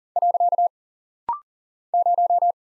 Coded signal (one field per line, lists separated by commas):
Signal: Morse code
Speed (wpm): 40 wpm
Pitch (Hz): 700 Hz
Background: none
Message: . 0